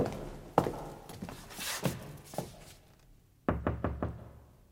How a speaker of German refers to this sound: führte uns zu einem Zimmer mit einer dicken Eichentür und klopfte.